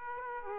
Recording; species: mosquito wingbeat signal from an infrared sensor; Aedes aegypti